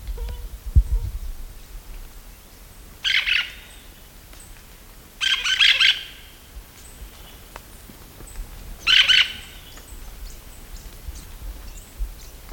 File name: hispaniolan parakeet